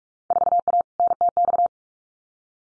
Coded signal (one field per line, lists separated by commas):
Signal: Morse code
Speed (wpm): 46 wpm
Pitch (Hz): 700 Hz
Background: none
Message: 4A NTX